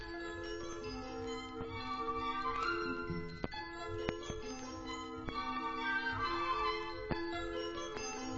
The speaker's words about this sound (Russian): Смотрите, смотрите, сколько колокольчиков! И все сюда бегут! Динь-динь-динь! Ой, как весело!